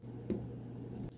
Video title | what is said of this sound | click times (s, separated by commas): How To Install Kagwerks Slide Release For Gen 5 Glocks | with your pin pusher just just a little bit of pressure until it clicks | 0.3 s